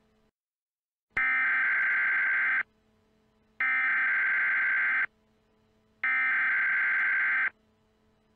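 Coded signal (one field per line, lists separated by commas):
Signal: Emergency Alert System (SAME) tones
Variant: header bursts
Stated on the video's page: Fictional EAS mock based on a cartoon, declaring emergencies in California cities including a fictional one.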